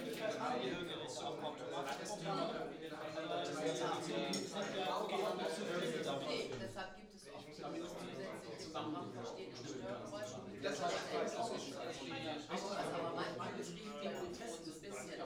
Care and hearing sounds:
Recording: everyday scene through a hearing-aid microphone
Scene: many people talking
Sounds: many voices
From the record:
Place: bistro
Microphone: in the ear canal, right

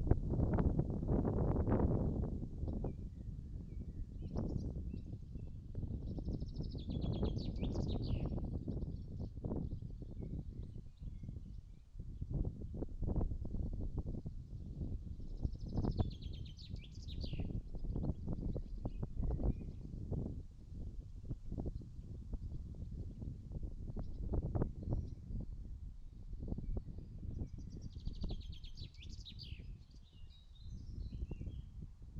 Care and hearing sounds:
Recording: everyday scene through a hearing-aid microphone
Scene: wind on the microphone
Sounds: wind, birds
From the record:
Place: in front of a rural house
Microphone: in the ear canal, right

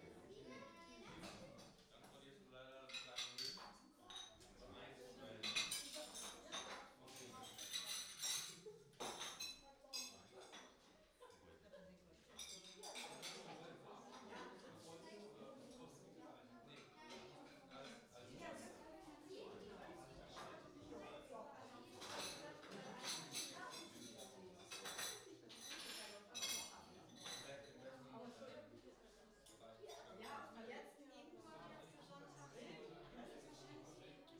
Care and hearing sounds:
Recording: everyday scene through a hearing-aid microphone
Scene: many people talking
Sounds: many voices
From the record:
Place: parish hall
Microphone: in the ear canal, right

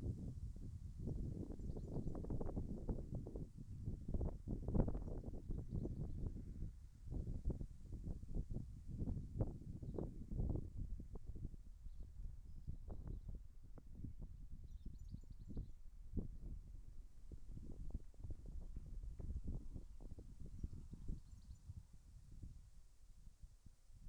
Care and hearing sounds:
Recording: everyday scene through a hearing-aid microphone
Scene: wind on the microphone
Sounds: wind, birds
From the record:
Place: in front of a rural house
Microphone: behind the ear, left, front

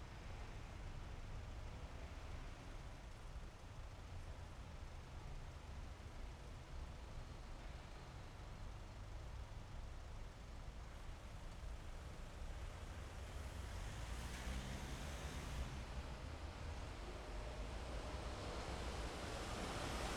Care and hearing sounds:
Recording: everyday scene through a hearing-aid microphone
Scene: in traffic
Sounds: traffic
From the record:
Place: main city hub, rush hour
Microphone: behind the ear, left, rear

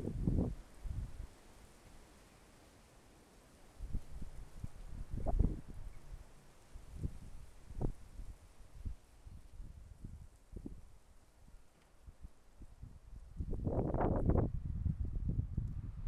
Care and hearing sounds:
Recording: everyday scene through a hearing-aid microphone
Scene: wind on the microphone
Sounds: wind, traffic, birds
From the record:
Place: suburban garden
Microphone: behind the ear, left, rear

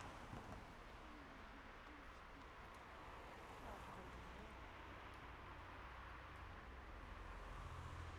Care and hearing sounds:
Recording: everyday scene through a hearing-aid microphone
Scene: in traffic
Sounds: traffic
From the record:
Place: main road on the outskirts, rush hour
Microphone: behind the ear, right, front

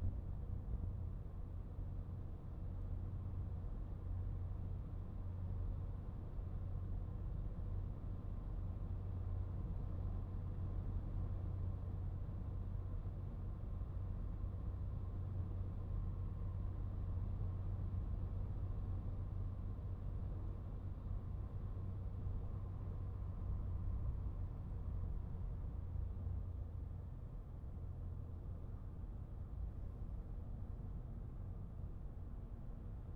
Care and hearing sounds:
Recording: everyday scene through a hearing-aid microphone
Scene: in a vehicle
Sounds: engine, highway driving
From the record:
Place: Skoda Fabia, gasoline engine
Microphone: behind the ear, right, front

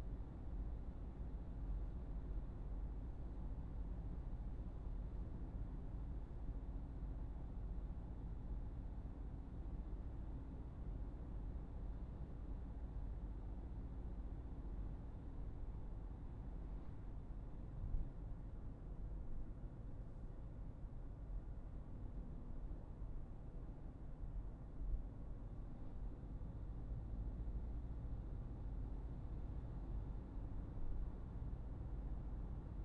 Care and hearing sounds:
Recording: everyday scene through a hearing-aid microphone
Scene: in a vehicle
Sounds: engine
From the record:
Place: Berlingo II, diesel engine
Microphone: behind the ear, right, front

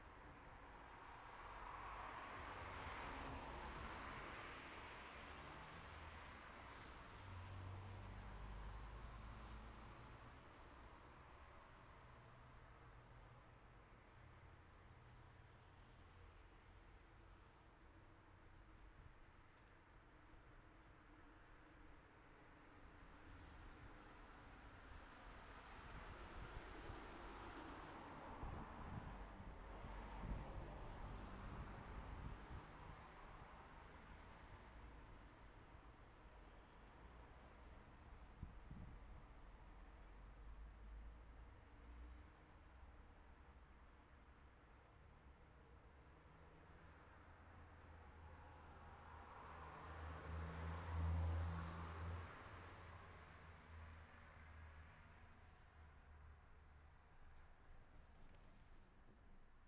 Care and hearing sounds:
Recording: everyday scene through a hearing-aid microphone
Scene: in traffic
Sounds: traffic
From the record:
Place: city secondary road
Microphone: behind the ear, right, rear

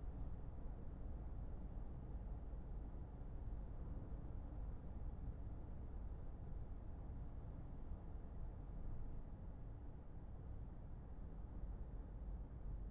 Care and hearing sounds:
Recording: everyday scene through a hearing-aid microphone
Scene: in a vehicle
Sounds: engine, highway driving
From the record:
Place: Berlingo II, diesel engine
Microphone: behind the ear, left, rear

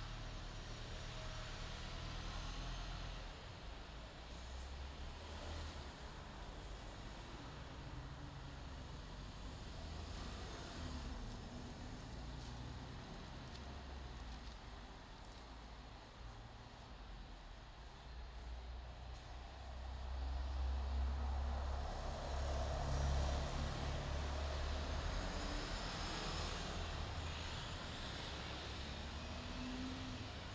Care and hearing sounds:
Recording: everyday scene through a hearing-aid microphone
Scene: in traffic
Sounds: traffic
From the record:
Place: bus stop on a city main road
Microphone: in the ear canal, left

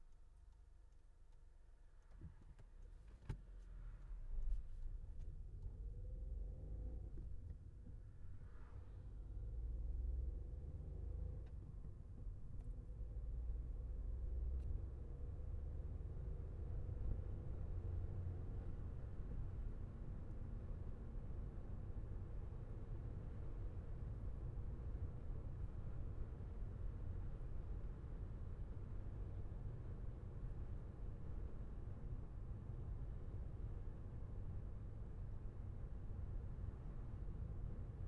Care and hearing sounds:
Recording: everyday scene through a hearing-aid microphone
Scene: in a vehicle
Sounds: engine, traffic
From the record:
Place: Skoda Fabia, gasoline engine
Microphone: behind the ear, left, rear

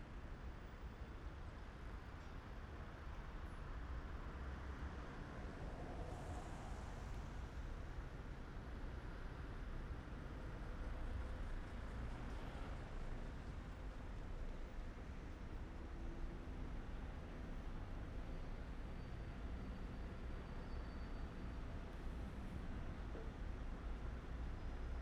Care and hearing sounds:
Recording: everyday scene through a hearing-aid microphone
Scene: in traffic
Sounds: traffic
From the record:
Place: main city hub, rush hour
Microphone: behind the ear, right, rear

